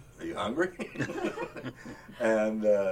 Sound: laughter